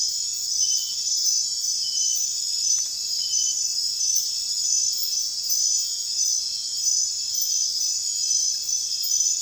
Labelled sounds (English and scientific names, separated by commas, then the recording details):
none
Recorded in secondary vegetation near Puerto Asís, Putumayo, Colombia, on 29 June 2025 at 02:00
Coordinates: 0.498, -76.327
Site GP09